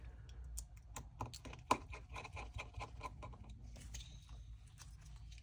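During an iPhone 16 Pro back-cover replacement, the battery flex connector is handled and pressed toward its socket on the phone's logic board. A run of small, sharp taps and ticks plays over a low steady hum, with the loudest tick at about 1.7 s. The connector is not yet home, and nothing has seated or clicked yet.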